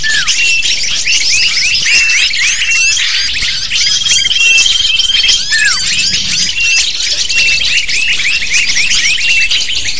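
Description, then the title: Lovebird flock calling, busy high-pitched chirping and squawking, a long steady whistle near the middle and a few falling call notes. Used to lure lovebirds. "PIKAT BURUNG LOVEBIRD"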